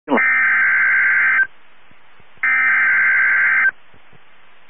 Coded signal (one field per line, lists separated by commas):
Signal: Emergency Alert System (SAME) tones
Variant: header bursts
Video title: Severe Thunderstorm Warning (EAS 1956) 6/10/22